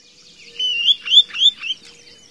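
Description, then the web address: Spotted sandpiper calls, a few clear high whistled notes in a short irregular series, slightly rising and falling. "Songs of Birds of North America Stokes. Spotted Sandpiper"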